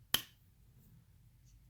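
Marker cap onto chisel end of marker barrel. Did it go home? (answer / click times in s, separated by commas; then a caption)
yes / 0.1 s. The plastic cap is pushed onto the chisel-nib end of a Zongii dual alcohol marker and snaps on with one sharp click at 0.1 s, followed by a quiet low hum. The cap is seated, and the snap means air won't get in, so the marker lasts longer.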